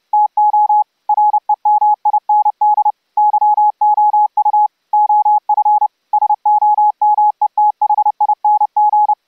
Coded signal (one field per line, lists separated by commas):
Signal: Morse code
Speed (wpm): 30 wpm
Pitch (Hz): 840 Hz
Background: none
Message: TO REMIND YOU OF SOMETHING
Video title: UltraGrid audio over ip software for HAM RADIO remote RIG operations